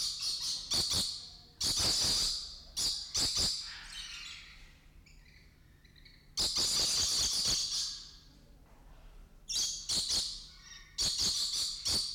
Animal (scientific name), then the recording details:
Trichoglossus haematodus. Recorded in captivity. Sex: group. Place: Zoo Berlin, Berlin, DE. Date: 1995-02-04 11:36. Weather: bedeckt, 4°C, Wind. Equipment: Marantz CP 430, Sennheiser ME 80, Kopie Uher Variocord 263. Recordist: Tembrock, Günter